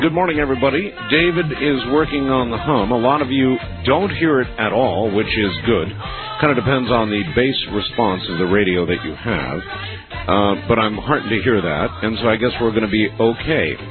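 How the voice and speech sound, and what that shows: Clear, fluent adult male speech from a radio host, at a steady conversational pace, low-pitched with a broadcast radio quality.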